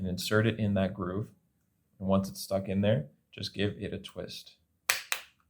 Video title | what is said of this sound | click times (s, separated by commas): Chevrolet Corvette Key Fob Battery Replacement (2005 - 2007) | Twist until you hear a popping sound, and then you can just pull it apart with your fingers. | 4.9 s